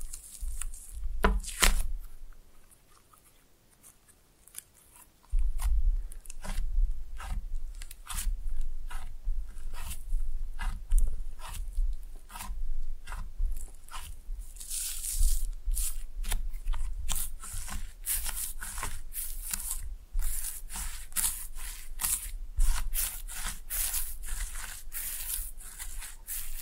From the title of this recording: Slime No Talking (Pressing and Mixing)